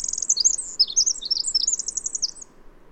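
Singing bird gives a brief burst of high twittering notes and short trills that tail off near the end, with quiet hiss behind.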